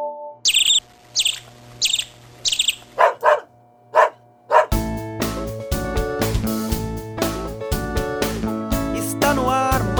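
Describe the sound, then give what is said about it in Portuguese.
A few short dog barks ring out alone after a run of quick, high bird chirps, then loud music with a steady beat starts and carries on. “Você já parou pra pensar por que o som do canto de um passarinho é diferente do latido de um cachorro?”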